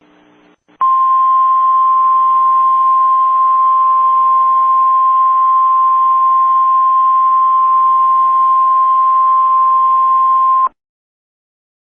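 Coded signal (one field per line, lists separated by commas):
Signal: Emergency Alert System (SAME) tones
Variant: 1050 Hz attention tone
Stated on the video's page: Fictional EAS mock-up with Civil Danger Warning and Civil Emergency Message generated by EAS message programs.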